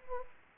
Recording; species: mosquito wingbeat signal from an infrared sensor; Anopheles gambiae